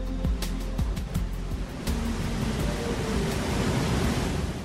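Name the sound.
sea waves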